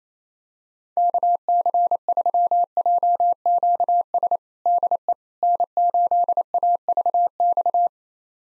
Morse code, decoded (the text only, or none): KC3JQS DE N8AVX